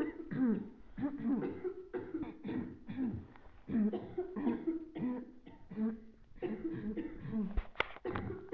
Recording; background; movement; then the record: throat clearing; a bystander coughing; sitting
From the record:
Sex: female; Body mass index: 21.8 kg/m2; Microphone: on the chest, facing the body